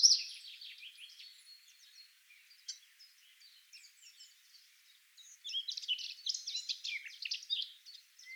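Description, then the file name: Eurasian wren song: a brief loud start, faint scattered high notes, then a louder, fast trilling phrase in the second half. "Troglodytes troglodytes"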